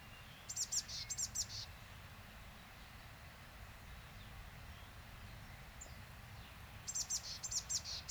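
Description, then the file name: Eurasian blue tit calls: two brief groups of high, thin, rapid notes at the start and the end, with a constant low background hiss and rumble between them. "Cyanistes caeruleus"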